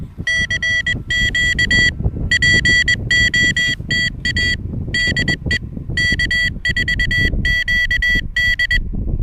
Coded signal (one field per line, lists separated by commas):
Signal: Morse code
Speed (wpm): 21 wpm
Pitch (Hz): 1950 Hz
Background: music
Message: CQ POTA DE K4QD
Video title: Chilly Pedestrian Mobile POTA Hunting at the QTH!